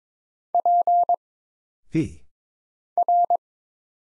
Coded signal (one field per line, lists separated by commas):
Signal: Morse code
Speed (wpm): 22 wpm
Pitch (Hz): 700 Hz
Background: none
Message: P R